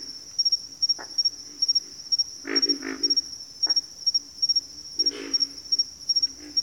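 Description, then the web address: Pig frog grunts, deep and raspy, arriving in a few clumped bursts over a continuous shrill, pulsing cricket-like drone. Pig frogs calling in a bayou. "Echoes of Nature - Bayou Pig Frogs"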